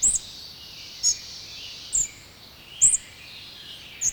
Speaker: Viidenneksi yleisin lintumme on hentoääninen sirahtelija, harmaa sieppo.